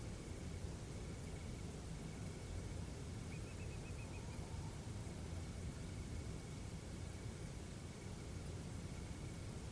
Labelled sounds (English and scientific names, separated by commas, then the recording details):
Eurasian Whimbrel (Numenius phaeopus)
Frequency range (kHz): Eurasian Whimbrel (Numenius phaeopus) 2.1-2.7 kHz
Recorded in France